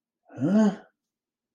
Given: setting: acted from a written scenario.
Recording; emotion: vocal sound without words; confusion